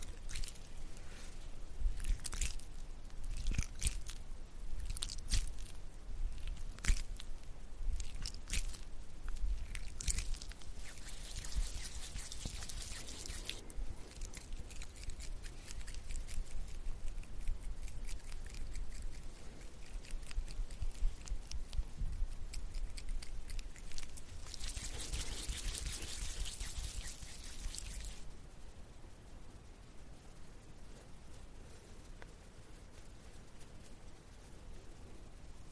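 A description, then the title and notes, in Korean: Body cream being applied, with wet squishy smacks and clicks dense early, rubbing hiss around 10 and 25 seconds, then softer strokes. 바디크림 바르는 소리.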